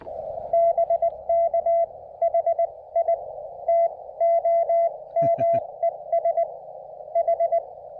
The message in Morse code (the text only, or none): BK HI TOM ES H